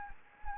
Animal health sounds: mosquito wingbeat signal from an infrared sensor; Anopheles gambiae

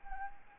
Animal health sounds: mosquito wingbeat signal from an infrared sensor; Anopheles arabiensis

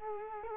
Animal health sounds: mosquito wingbeat signal from an infrared sensor; Culex quinquefasciatus

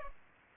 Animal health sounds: mosquito wingbeat signal from an infrared sensor; Culex pipiens

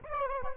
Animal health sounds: mosquito wingbeat signal from an infrared sensor; Aedes aegypti

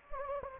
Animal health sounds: mosquito wingbeat signal from an infrared sensor; Anopheles gambiae

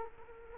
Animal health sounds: mosquito wingbeat signal from an infrared sensor; Culex quinquefasciatus

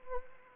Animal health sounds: mosquito wingbeat signal from an infrared sensor; Anopheles arabiensis

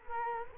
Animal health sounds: mosquito wingbeat signal from an infrared sensor; Culex quinquefasciatus

